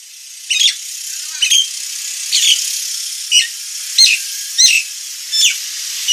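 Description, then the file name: Nias hill myna giving squeaky, harsh high notes with short whistled slurs, repeated roughly every second over a steady hiss. Described as gacor, a lively and persistent singing style, with a noisy, loud voice. "Kicau Jalak Nias Gacor Suara Berisik"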